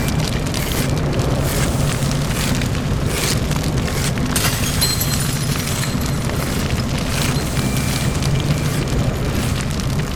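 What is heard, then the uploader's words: A steady, dense roar of churning sea with a heavy low rumble, scattered with sharp crackles and rattling bursts throughout. Recordings from the sea, bottle banks & breaking glass..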